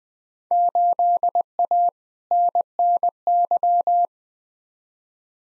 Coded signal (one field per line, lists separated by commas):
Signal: Morse code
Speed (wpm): 20 wpm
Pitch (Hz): 700 Hz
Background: none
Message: 8A NNY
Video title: Field Day Exchange Encore v3 - 20wpm